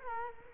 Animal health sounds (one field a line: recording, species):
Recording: mosquito wingbeat signal from an infrared sensor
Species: Culex quinquefasciatus